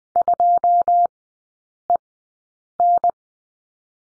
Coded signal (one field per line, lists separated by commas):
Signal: Morse code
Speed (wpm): 20 wpm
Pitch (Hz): 700 Hz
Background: none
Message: 2EN